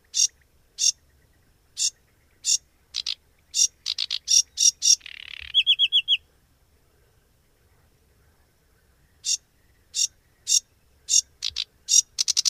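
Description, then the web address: Sedge warbler song: harsh, scratchy chattering notes with a buzzy burst and a quick trilled phrase, then a pause before the dry chatter resumes. "agykontroll Madardalok Cd 3. Foltos nádiposzáta"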